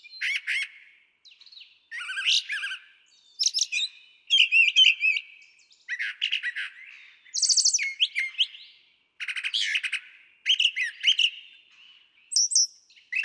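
Brown Thrasher song, a steady run of varied, rich phrases, several doubled, with buzzy, chirped and whistled notes separated by short pauses, against a quiet background.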